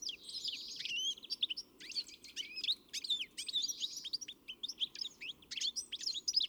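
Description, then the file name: European greenfinch calls: a dense run of chirps and twitters with drawn-out buzzy notes, continuing throughout with brief quieter gaps. "Chloris chloris"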